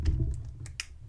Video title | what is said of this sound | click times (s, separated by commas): Master Lock Python Bike Lock Picked | there hear that click so something's like really ratcheting tight in there and you really can't pull this | 0.8 s